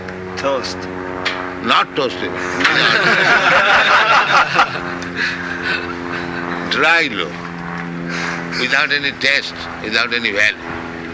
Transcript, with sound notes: Toast.
Not toast even. [laughter] Dry loaf---without any taste, without any value.